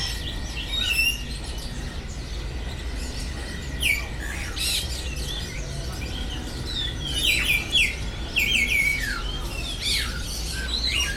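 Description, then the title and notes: Many birds singing together, a dense chorus of high chirps, whistled slurs and squawks overlapping throughout, with a steady low hum underneath. Birds singing at the Bird Garden, Mongkok, Hong Kong, 15 February 2008; recorded with AKG condenser microphones in XY stereo. "香港 旺角 雀鳥花園 雀鳥唱歌 (內附有人類語言中的粗囗) Bird Singing in the Bird Garden, Mongkok, Hong Kong Date: 15 February 2008"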